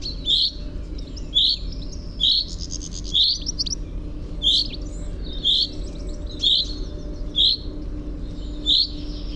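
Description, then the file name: Common chaffinch giving a series of short, sharp 'pink' calls, with faint high calls of other birds and a steady low hum beneath. "Fringilla coelebs"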